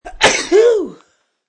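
A quick intake of breath leads into one sharp, explosive burst, then a short voiced 'choo' that rises and falls in pitch before stopping abruptly. A single adult sneeze, about one second long, a sound effect in a quiet room.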